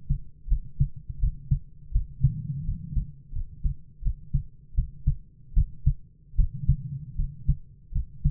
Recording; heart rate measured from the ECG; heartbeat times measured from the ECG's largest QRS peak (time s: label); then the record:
heart sounds by stethoscope; 81 bpm
0.47 s: heartbeat
1.18 s: heartbeat
1.91 s: heartbeat
2.63 s: heartbeat
3.31 s: heartbeat
4.01 s: heartbeat
4.74 s: heartbeat
5.53 s: heartbeat
6.35 s: heartbeat
7.15 s: heartbeat
7.91 s: heartbeat
From the record:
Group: healthy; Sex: male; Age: 22 years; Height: 185 cm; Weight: 112.4 kg